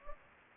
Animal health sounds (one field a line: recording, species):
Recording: mosquito wingbeat signal from an infrared sensor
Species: Anopheles gambiae